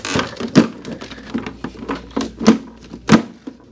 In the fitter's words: There we go. Once they click in, you just need to screw in these little hand screws in the back.